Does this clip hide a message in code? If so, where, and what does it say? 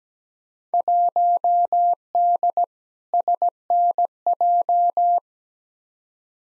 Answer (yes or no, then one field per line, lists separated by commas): yes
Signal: Morse code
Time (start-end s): 0.7-5.2 s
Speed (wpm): 17 wpm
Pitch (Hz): 700 Hz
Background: none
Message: 1D SNJ